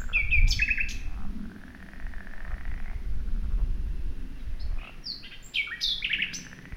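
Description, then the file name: Common nightingale song: bright chirped notes at the start, a sustained whistle, then a burst of high phrases near the end over low rumbling background noise. "Luscinia megarhynchos"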